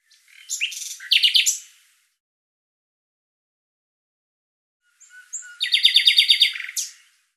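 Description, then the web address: Bird song: a brief jumble of chirps, about three seconds of silence, then a fast, evenly repeated trill ending in a downslurred note. "Deverinetal 2025"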